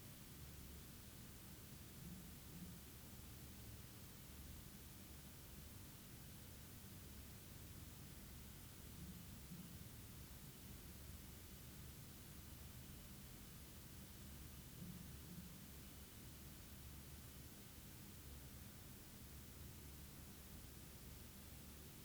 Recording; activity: daily activity, guitar pickup as the sensor; sit